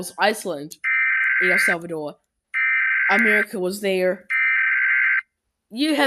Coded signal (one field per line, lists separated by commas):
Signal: Emergency Alert System (SAME) tones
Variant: header bursts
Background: speech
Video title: Eas Alarms Animated RETURN Part 11